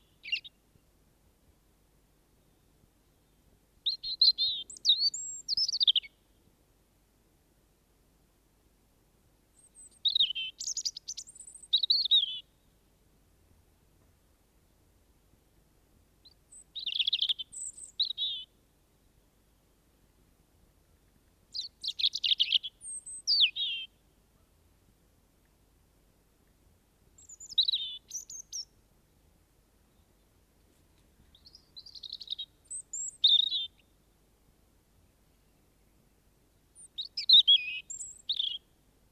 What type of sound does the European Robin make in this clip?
song